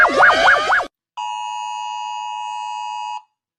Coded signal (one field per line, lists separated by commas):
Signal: Emergency Alert System (SAME) tones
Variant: 853 and 960 Hz attention tone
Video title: Rating eas alarms (Read DESC)